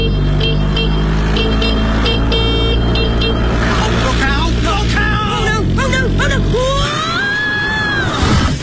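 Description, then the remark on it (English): A moped crash in road traffic: a steady, buzzing engine drones for several seconds, then cuts out abruptly as a woman falls off her moped and shrill, wavering cries and shouts rise over the street noise. “She's fallen off her moped.”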